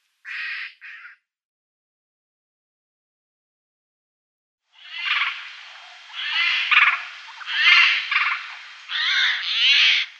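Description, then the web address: Eurasian jay: two brief harsh notes, a silent gap, then a long run of scratchy, grating calls rising and falling in loudness. "Schulze Peter Eurasian Jay calls"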